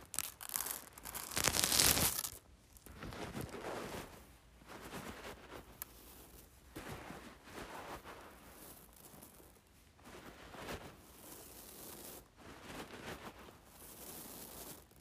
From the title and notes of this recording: ASMR Playing with Rice.